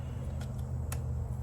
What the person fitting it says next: It should click into place, you should hear it.